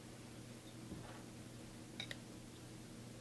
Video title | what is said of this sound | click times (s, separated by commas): GPS Tracking Tracker - GPS Trackers - Micro Tracker - OBD Tracker - Kill Switch - GPS | then this just snaps into place and you can place this on the top side of the frame of any vehicle | 2.0 s, 2.1 s